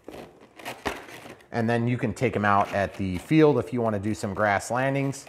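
A removable wire landing gear leg is dropped into its hole in the foam wing of an E-flite T-28 Trojan 1.1 m RC airplane and rotated, with faint handling crinkles before it clicks and locks into place at 0.9 s. Someone then talks.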